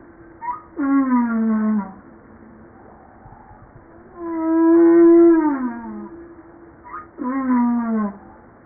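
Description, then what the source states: Humpback whale calls: long, rich moaning units that sweep downward with many harmonics, in three phrases, the middle one longest and loudest. Recorded 5 March 1994, 09:52.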